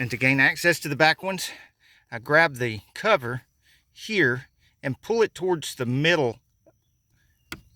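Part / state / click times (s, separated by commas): plastic seat rail trim cover clip coming out of its mount on the car seat track / released / 7.5 s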